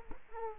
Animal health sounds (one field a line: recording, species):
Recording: mosquito wingbeat signal from an infrared sensor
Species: Culex quinquefasciatus